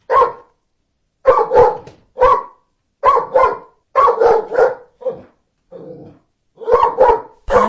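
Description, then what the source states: Dog barking in loud short groups of barks with brief pauses between, and a quieter bark late. Big dog barking.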